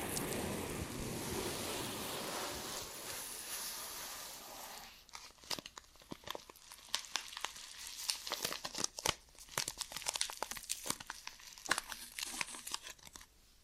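Ear and scalp massage sounds: for the first five seconds a steady, dense rushing rub fills everything from low to bright. Then it drops away into quieter stretches broken by quick, sharp crinkly scratches and crackles, coming irregularly several times a second.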